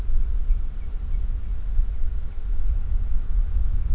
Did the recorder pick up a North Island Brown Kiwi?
no